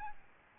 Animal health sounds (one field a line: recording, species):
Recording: mosquito wingbeat signal from an infrared sensor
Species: Aedes albopictus